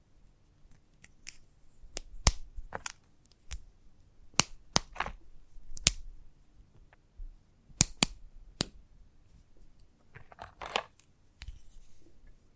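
Chalk taps sharply in irregular clusters, with softer scratching strokes around five and eleven seconds between the crisp clicks.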